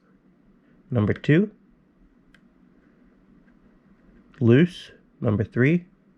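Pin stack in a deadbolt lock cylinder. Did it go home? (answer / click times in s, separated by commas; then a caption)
no / none. A metal pin stack in a Kwikset deadbolt lock cylinder is handled while the lock is picked, with pin stack number 3 being lifted by a pick under tension toward the shear line. Someone talks between quiet stretches, and a faint short tick is heard near 2.4 s. The pin has not set and nothing has clicked into place yet.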